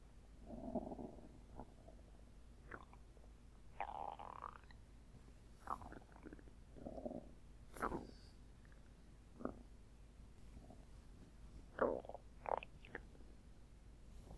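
Irregular gurgling and rumbling bursts come every second or two over about 14 seconds, some low and drawn out, others brief squeaky gurgles: an ordinary tummy grumble, audible bowel sounds from gas and fluid moving through the gut.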